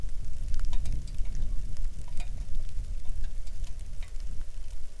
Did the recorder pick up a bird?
yes